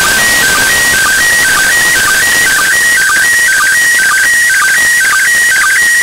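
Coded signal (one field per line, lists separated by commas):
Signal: SSTV (slow-scan television)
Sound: warbling stepped tones with short low sync blips about twice a second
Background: radio static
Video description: Picture 1 starts at 0:55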